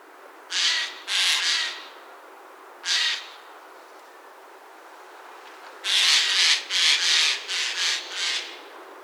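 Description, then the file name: Eurasian jay giving harsh, rasping screeches: two quick calls at the start, one more a little later, then a rapid run of several screeches near the end, over faint background hiss. "Garrulus glandarius"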